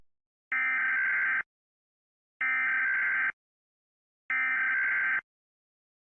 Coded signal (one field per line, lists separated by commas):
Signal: Emergency Alert System (SAME) tones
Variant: header bursts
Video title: EAS Scenario/Mock #6 - Water Girl Attacks